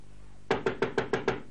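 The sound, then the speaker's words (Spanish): Six firm, evenly spaced knocks on a door, each a sharp low thud with a brief ringing tail, after a moment of quiet. No voices. “¡Patty! ¡Abre la puerta!”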